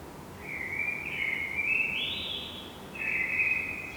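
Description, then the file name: Common blackbird song: a long, rich fluting phrase that steps upward, followed closely by a shorter whistled phrase. "Turdus merula"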